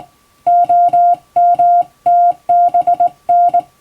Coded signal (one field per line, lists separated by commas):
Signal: Morse code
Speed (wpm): 20 wpm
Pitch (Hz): 700 Hz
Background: music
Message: OMTBN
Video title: 退職後の趣味に最高！手打ちで綺麗に打てるとカッコイイかも！昔やってたアマチュア無線を再開しよう！脳トレにもなります！欧文モールスを電報形式で打ってみました！(morse code practice)